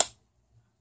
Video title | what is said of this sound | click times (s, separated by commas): Fostech Echo - cycle of operations shown in a jig. | it click right there that's when it drops off the back of this connector and then falls on this sear | 0.0 s